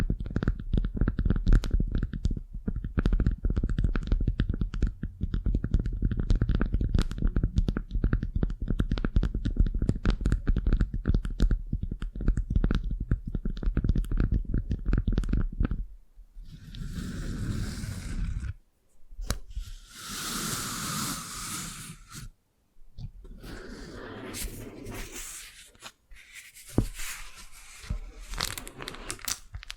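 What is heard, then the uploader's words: A wax facial spa treatment: for the first fifteen seconds, dense crackling and scratching with a steady low rumble underneath. After that it turns to softer, airy rubbing and swishing in uneven bursts, with brief silent gaps around 19 and 23 seconds. ASMR Tingly Wax Facial Spa Treatment for Sleep (No Talking).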